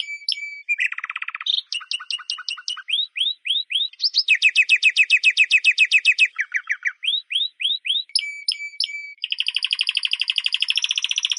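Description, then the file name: Spanish Timbrado canary singing continuously, switching between rapid metallic trills, rising chirped notes and rolling buzzy phrases, ending in a high fast trill. "burung kenari spanish timbrado"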